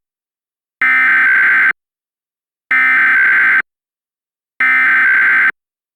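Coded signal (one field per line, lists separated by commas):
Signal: Emergency Alert System (SAME) tones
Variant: header bursts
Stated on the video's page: Mock Required Monthly Test with valid EAS tones, not a real alert.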